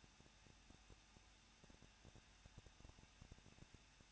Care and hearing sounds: daily activity, microphone in the room; no activity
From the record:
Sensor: 2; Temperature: 21.0 degrees Celsius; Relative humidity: 37.5%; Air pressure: 1006.3 hPa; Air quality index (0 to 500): 223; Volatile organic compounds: 25 ppm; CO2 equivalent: 2828 ppm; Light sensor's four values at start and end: 2/3/2/2 and 2/3/2/2

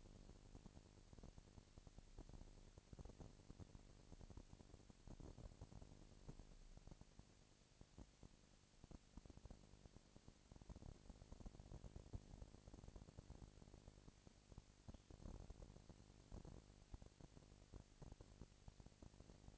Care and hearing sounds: daily activity, microphone in the room; no activity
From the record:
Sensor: 5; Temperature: 20.1 degrees Celsius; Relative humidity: 38.3%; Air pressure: 998.9 hPa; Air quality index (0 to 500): 218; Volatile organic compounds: 24 ppm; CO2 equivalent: 2805 ppm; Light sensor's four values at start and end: 2/3/1/1 and 2/3/1/1

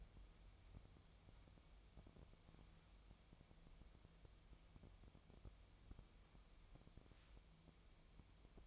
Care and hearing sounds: daily activity, microphone in the room; wipe stove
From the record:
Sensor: 1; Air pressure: 1004.9 hPa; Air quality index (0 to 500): 74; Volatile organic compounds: 2 ppm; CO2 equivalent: 985 ppm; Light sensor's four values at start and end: 9/23/9/10 and 9/23/9/10

